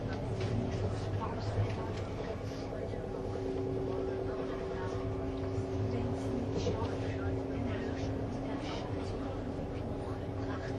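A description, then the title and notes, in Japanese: Inside a tilting intercity train running along a mountain line, a steady, dense low rumble fills the cabin, with a faint sustained hum running underneath. Muffled voices of passengers drift in and out, and the level stays even throughout. SBB線 ICN10022レ01 Lugano～(Göschenen)。スイスでは主力の車体傾斜車両であるRABDe500形ICN、その本領を発揮するゴッタルド線の列車を収録したものです。収録年月:2013,05。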